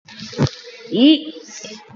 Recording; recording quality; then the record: sustained vowel as in beet; excellent, no background noise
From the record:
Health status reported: COVID-19 positive, moderate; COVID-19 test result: positive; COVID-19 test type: RT-PCR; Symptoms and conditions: cough, cold, breathing difficulty, fever, fatigue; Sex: female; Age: 57 years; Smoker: no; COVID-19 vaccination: one dose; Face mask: not worn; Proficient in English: yes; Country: India